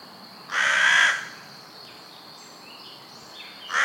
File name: Corvus corone